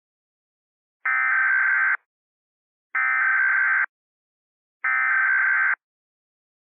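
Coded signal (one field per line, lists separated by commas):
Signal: Emergency Alert System (SAME) tones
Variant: header bursts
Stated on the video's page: Fictional EAS scenario, remastered, with voice actors.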